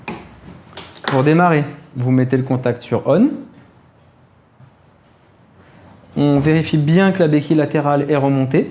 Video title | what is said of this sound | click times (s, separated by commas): Départ location NMAX : Toutes les infos utiles pour bien louer | appuyez et quand vous entendez clics vous pouvez enlever la clé pour | 0.1 s